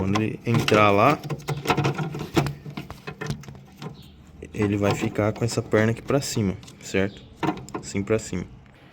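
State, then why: Not seated. An LED turn signal bulb socket is lined up with its tab pointing up and handled against a plastic car headlamp housing while someone talks. Brief taps and knocks are heard among the speech, but nothing has seated or clicked yet.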